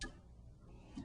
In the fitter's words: push it in till you hear a click,